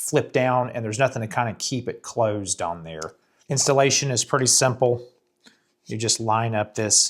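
Someone talks while handling the hinge section of a plastic front protective cover, lining it up to go into the front part of a DJI Pocket 3 handheld gimbal camera case. Only speech with short pauses is heard; nothing has seated or clicked yet.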